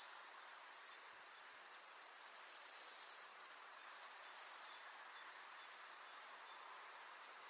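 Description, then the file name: Eurasian blue tit song: two phrases of thin, high whistled notes that drop into a rapid, even trill. A brief high note comes near the end over a faint background hiss. "Cyanistes caeruleus"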